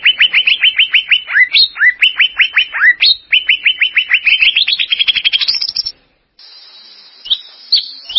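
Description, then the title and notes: Greater green leafbird song: quick runs of clear, downslurred whistled notes repeated several times a second, then a rising series of sharper notes, a short pause and a few final notes. A champion songbird singing. "Kicau Burung Cucak Ijo Juara. Suara kicauan burung cucak ijo"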